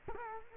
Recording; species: mosquito wingbeat signal from an infrared sensor; Culex quinquefasciatus